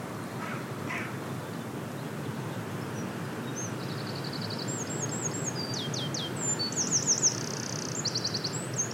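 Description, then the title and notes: Eurasian wren song begins midway: after several seconds of rushing background with faint notes, a loud, rapid, high trilling phrase follows to the end. Wild bird singing on a beach in Rhu, just outside Helensburgh, Scotland, heard while walking after a long day at work. "The Song Of The Eurasian Wren. As I am walking on a beach in Rhu, just outside of Helensburgh Scotland, I hear this song"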